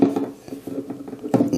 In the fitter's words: pop that in you hear a click